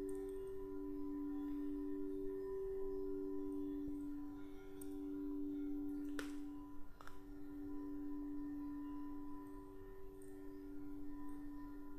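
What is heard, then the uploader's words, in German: Crystal singing bowls ring in a steady, sustained drone, a strong low tone with softer higher overtones held throughout and slowly pulsing in waves. A few brief sharp clicks break in around six and seven seconds over a faint hiss. Lausche den zauberhaften Klängen der Kristallklangschalen. Zauberhafte Kristallklangschalen.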